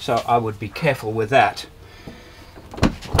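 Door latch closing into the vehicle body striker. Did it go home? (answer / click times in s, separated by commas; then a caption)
yes / 3.2 s. A door on an Ineos Grenadier is swung closed and its latch catches into the vehicle body striker with a satisfying click at 3.2 s. Someone talks first, then after a quiet stretch a couple of short knocks come just before the final click. The door is shut and latched.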